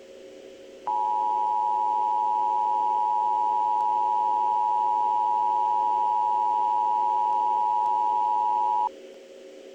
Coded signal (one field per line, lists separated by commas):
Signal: Emergency Alert System (SAME) tones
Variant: 853 and 960 Hz attention tone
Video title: Tornado Warning: Baton Rouge, LA (4/27/15)